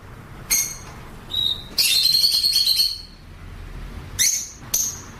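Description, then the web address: Fischer's lovebird calls: sharp high squeaks, then a sustained shrill twittering run, followed by two more piercing chirps. Lovebirds, genus Agapornis, singing. "golosa ptic kak poyut popugai nerazlucniki agapornis. parrots agapornis-fischeri"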